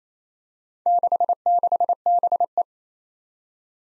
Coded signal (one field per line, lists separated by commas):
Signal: Morse code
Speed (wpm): 29 wpm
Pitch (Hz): 700 Hz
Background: none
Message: 66BE